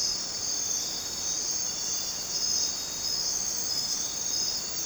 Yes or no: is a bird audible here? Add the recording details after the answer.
no. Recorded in dense forest near Puerto Asís, Putumayo, Colombia, on 29 June 2025 at 02:30. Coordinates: 0.484, -76.317. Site G045